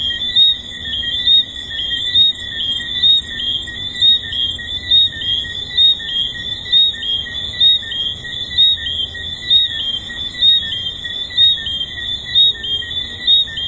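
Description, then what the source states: Dense tree frog chorus with repeated high, whistly chirps pulsing about once per second over a persistent shrill ringing. Several tree frogs recorded at Hedonism II resort.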